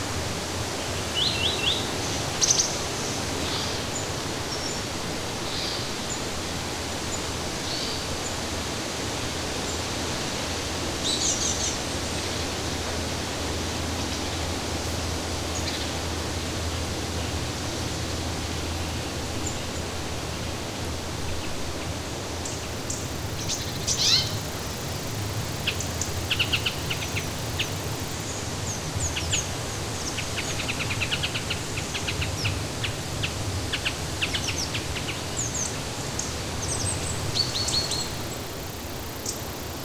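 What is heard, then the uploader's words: A dense, steady rush of falling water fills the rainforest scene from start to finish, with a low rumble underneath. Bird calls chirp and trill intermittently above it, clustering more busily after the midpoint, some close and others distant. Birds, waterfalls and all the gentle sounds of the rainforest will calm you.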